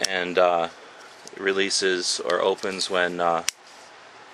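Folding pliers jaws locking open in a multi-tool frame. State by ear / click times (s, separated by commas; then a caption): not seated / none. Someone talks while handling the stiff folding pliers jaws of a metal AR-15 multi-tool, working them open in the multi-tool frame toward their locked-open position. Only speech and faint handling noise are heard. The jaws have not yet locked open, and nothing has seated or clicked.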